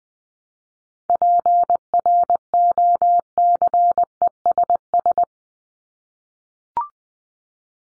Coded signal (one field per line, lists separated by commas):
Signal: Morse code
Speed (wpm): 20 wpm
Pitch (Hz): 700 Hz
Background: none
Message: PROCESS